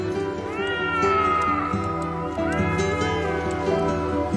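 A cat meows twice, each a long, drawn-out cry that rises and bends in pitch, with a brief pause between them. The calls are loud and clear, with no talking.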